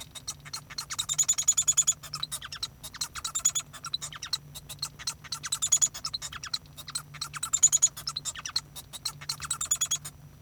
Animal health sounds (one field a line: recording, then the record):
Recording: song of a male Bengalese finch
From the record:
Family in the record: son of father 1